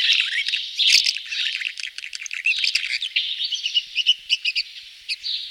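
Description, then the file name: Swallow twittering: a fast, chattering stream of high squeaky notes, dense at first, then breaking into separate sharp chirps toward the end. "jaskółka"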